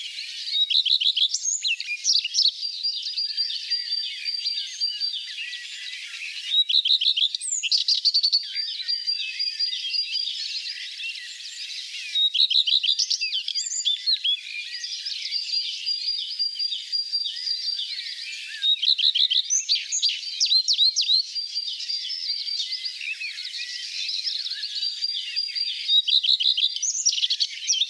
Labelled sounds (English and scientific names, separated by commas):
Common Redstart (Phoenicurus phoenicurus) song